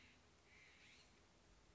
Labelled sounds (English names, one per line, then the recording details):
California Scrub-Jay
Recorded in Sonoma County, California